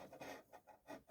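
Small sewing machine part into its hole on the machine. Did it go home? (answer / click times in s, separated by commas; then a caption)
no / none. A small sewing machine part is handled as it is being fitted into its little hole on the machine during threading and setup. Several short bursts of rasping, rubbing contact noise are heard. Nothing has seated or clicked into place yet.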